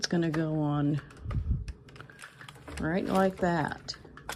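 A floor nozzle for an Ultenic U18 Pro cordless vacuum is being pushed onto the end of the vacuum tube while someone talks. Short handling taps and knocks are heard, but nothing has seated or clicked yet.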